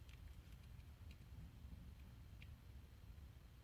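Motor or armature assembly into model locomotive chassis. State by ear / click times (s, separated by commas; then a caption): not seated / none. A magnetic motor or armature assembly is pushed down into the plastic and metal chassis of a Fleischmann HO BR80 "Carl" model locomotive during reassembly. A steady low rumble runs throughout, with faint light ticks of handling at about 0.1 s and 2.4 s. Nothing has seated or clicked into place yet.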